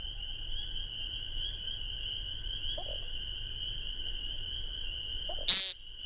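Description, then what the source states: American woodcock giving a couple of faint low notes, then a single harsh buzzy peent near the end, against a continuous high-pitched drone. Recorded 12 May 2001.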